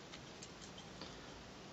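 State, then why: Not seated. A plastic limb joint on a combining, transforming toy robot is moved toward its robot-mode position, with faint light ticks of handling over low steady background noise. The joint has not yet seated or clicked into place.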